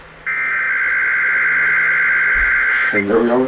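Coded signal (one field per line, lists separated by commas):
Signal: Emergency Alert System (SAME) tones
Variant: header bursts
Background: speech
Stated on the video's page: Monthly EAS tests.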